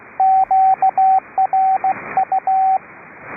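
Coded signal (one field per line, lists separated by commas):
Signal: Morse code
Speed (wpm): 15 wpm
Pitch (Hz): 760 Hz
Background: radio noise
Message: QRU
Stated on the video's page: Morse on the BC Public Service Net on 3729 kHz, sent from a club station.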